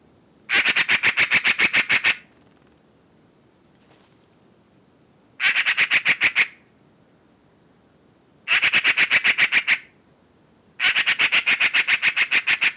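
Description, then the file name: Eurasian magpie chattering in four loud, dry rattling bursts of fast repeated harsh notes, with silent pauses of varying length between them. "eurasian magpie - pica pica"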